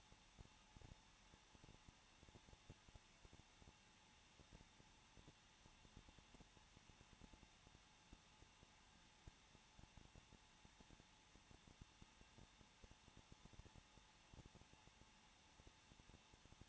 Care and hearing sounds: daily activity, microphone in the room; no activity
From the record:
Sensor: 1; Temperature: 20.1 degrees Celsius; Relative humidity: 39.4%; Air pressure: 1006.4 hPa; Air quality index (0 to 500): 219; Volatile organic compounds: 82 ppm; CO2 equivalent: 3624 ppm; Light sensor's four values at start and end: 1/2/1/1 and 1/2/1/1

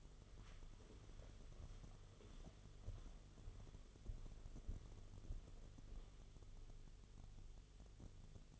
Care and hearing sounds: daily activity, microphone in the room; walk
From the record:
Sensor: 4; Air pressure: 1016.2 hPa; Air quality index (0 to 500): 165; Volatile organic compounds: 6 ppm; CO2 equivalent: 1882 ppm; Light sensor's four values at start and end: 8/18/7/6 and 8/18/7/6

